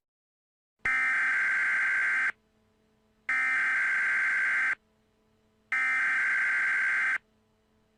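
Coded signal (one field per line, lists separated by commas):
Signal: Emergency Alert System (SAME) tones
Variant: header bursts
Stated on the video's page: Fictional EAS scenarios, simulated alerts.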